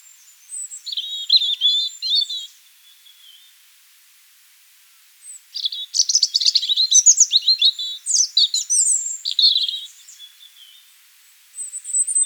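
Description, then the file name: European robin singing: thin high whistles sliding into rapid twittering trills, a phrase, a pause, then a longer jumbled burst and a final high note. "Erithacus rubecula"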